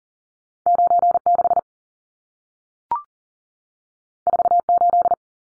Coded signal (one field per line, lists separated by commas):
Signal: Morse code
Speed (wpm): 40 wpm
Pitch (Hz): 700 Hz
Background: none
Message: 96 48